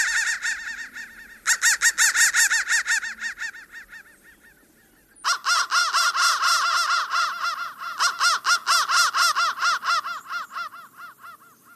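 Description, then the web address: Crow giving bursts of rapid, harsh caws separated by a short quiet gap, the second run longer and slightly lower. "soundfactory crow"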